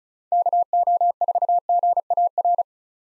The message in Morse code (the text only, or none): KO4GAR